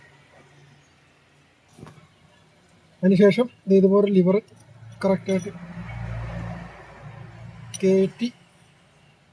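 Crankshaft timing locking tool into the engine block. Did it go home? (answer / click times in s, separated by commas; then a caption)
no / none. On a Chevrolet Cruze diesel during a timing belt job, a metal timing locking lever is being inserted into the engine block to hold the crankshaft at the timing mark, with someone talking over the work. Faint handling noises and a brief sharp sound near 1.9 s are heard, but the clip ends before the lever goes home, and nothing has seated or clicked yet.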